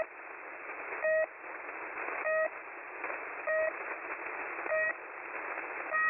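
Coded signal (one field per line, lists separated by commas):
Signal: channel marker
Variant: The Pip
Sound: short buzzy beeps repeating about every 1.2 seconds through shortwave hiss, six pips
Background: radio static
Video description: I noticed an unusual signal on top of the Russian frequency holder signal "The Pip" at 3756 kHz. It stopped just shortly after I tuned to that frequency and started up my screen recorder.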